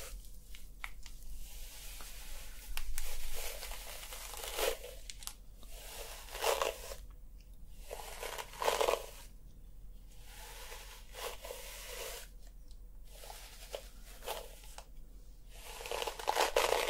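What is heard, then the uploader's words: Hair brushing and scalp massage come through as a series of soft, scratchy strokes, each lasting a second or so and separated by short quiet gaps. The strokes repeat unevenly, some longer and brighter, with a faint low hum underneath throughout. ASMR Playing With Your Hair Until You Sleep Hair Brushing, Scalp Massage & Hair Play.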